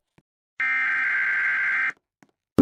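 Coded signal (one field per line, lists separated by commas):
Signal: Emergency Alert System (SAME) tones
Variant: header bursts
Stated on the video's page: Emergency alert from a Roblox game.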